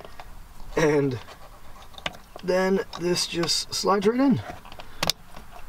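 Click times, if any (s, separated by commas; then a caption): 5.1 s. An aftermarket steering wheel is slid onto its quick-release hub while someone talks, and the latch engages with a sharp click at 5.1 seconds. The wheel is seated on the hub.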